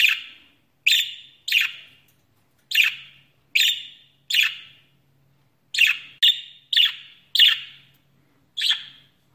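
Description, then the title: Budgerigar calls: short squawky chirps at irregular intervals, about ten throughout, with a faint low hum. "Budgie Sounds"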